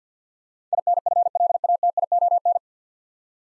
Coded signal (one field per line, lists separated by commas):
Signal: Morse code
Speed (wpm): 48 wpm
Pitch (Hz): 700 Hz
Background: none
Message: INFLATION